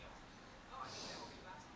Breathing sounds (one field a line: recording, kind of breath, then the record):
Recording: one breath in and out by a microphone near the nose and mouth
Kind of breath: normal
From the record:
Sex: male